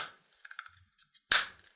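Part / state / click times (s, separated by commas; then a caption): action camera into its plastic mount / seated / 1.3 s. A Sony HDR-AS50 action camera is pushed into its plastic mount or housing, with a few faint light clicks between 0.4 and 0.7 seconds. A single loud, sharp snap comes at 1.3 seconds and rings off briefly. The camera is seated snugly in the mount.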